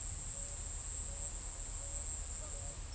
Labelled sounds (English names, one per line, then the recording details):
Eared Dove
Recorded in forest near Pivijay, Magdalena, Colombia, on 2 June 2023 at 15:00
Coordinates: 10.467, -74.380
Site Z5-G034